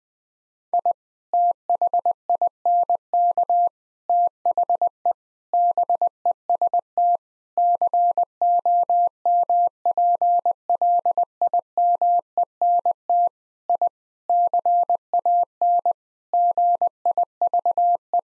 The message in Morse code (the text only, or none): I THINK THE BEST COMPLIMENT I CAN GIVE